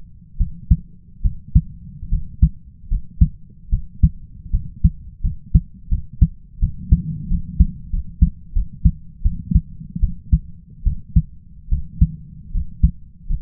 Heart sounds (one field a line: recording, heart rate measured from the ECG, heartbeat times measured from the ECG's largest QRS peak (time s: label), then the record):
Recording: heart sounds by stethoscope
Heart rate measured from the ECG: 79 bpm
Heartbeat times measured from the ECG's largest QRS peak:
0.37 s: heartbeat
1.22 s: heartbeat
2.09 s: heartbeat
2.88 s: heartbeat
3.70 s: heartbeat
4.51 s: heartbeat
5.21 s: heartbeat
5.89 s: heartbeat
6.60 s: heartbeat
7.28 s: heartbeat
7.90 s: heartbeat
8.53 s: heartbeat
9.22 s: heartbeat
10.00 s: heartbeat
10.84 s: heartbeat
11.69 s: heartbeat
12.52 s: heartbeat
13.27 s: heartbeat
From the record:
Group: healthy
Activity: cold pressor test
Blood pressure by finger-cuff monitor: 130/84 mmHg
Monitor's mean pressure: 98 mmHg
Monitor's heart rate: 76 bpm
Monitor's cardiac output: 5.6 L/min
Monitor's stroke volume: 71 mL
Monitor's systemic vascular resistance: 1240 dyn s/cm5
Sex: male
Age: 20 years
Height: 167 cm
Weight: 61 kg